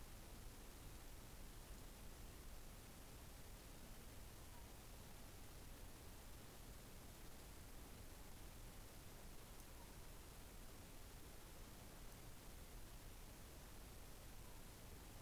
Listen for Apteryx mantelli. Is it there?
no